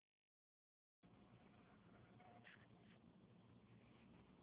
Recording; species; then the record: mosquito flight sound by mobile phone; Anopheles gambiae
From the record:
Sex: male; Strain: Kisumu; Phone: Huawei 866C